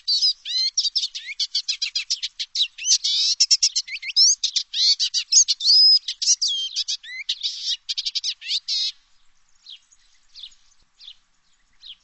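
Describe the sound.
Bird singing a rapid, high twittering run of chirps and whistled notes for about nine seconds, then a few faint scattered chirps.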